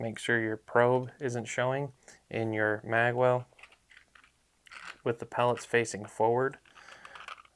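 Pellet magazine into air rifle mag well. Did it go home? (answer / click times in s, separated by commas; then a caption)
no / none. A rotary pellet magazine for an FX Impact M4 air rifle is held with the pellets facing forward at the mag well while someone talks. Faint handling clicks and taps follow between the words, and nothing has seated or clicked into place yet.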